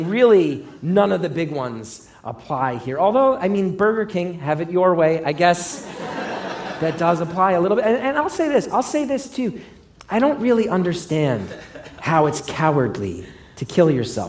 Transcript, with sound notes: Really, none of the big ones apply here. Although, I mean, Burger King, have it your way - I guess... (LAUGHTER) ...That does apply a little bit. And I'll say this. I'll say this, too. I don't really understand how it's cowardly to kill yourself.